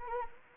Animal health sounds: mosquito wingbeat signal from an infrared sensor; Anopheles arabiensis

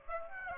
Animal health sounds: mosquito wingbeat signal from an infrared sensor; Aedes aegypti

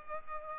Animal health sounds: mosquito wingbeat signal from an infrared sensor; Culex pipiens

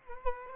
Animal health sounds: mosquito wingbeat signal from an infrared sensor; Culex quinquefasciatus

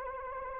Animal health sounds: mosquito wingbeat signal from an infrared sensor; Anopheles arabiensis

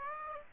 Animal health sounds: mosquito wingbeat signal from an infrared sensor; Aedes aegypti

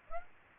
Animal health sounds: mosquito wingbeat signal from an infrared sensor; Aedes aegypti

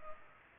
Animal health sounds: mosquito wingbeat signal from an infrared sensor; Culex pipiens

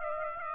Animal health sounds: mosquito wingbeat signal from an infrared sensor; Aedes aegypti

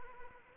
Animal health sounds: mosquito wingbeat signal from an infrared sensor; Anopheles arabiensis

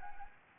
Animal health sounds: mosquito wingbeat signal from an infrared sensor; Anopheles gambiae

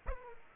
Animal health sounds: mosquito wingbeat signal from an infrared sensor; Aedes aegypti

